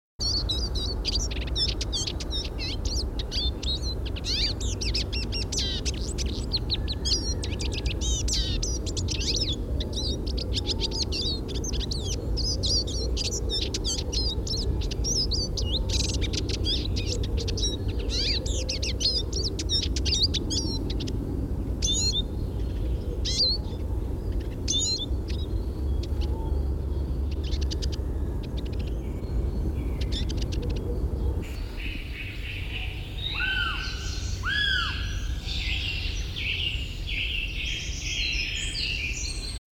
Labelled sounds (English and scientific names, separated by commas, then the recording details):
Eurasian Siskin (Spinus spinus) song
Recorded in the wild
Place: Parchtitz, Insel Rügen, Mecklenburg-Vorpommern, DE
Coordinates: 54.495, 13.302
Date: 1977-03-11
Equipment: Nagra III BH, Sennheiser MD 21, parabola
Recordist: Schubert, Michael
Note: Gesang Erlenzeisig, lauter Hintergrund